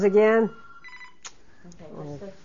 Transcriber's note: telephone rings